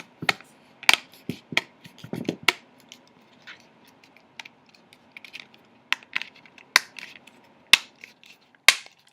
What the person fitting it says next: Work your way around the phone until you hear it snap and close